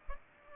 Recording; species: mosquito wingbeat signal from an infrared sensor; Culex pipiens